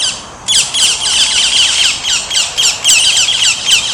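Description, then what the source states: Rose-ringed parakeet, a brief pause then a dense burst of loud, raspy, high screeches in quick succession, several notes a second. Recorded on 11 July 2018.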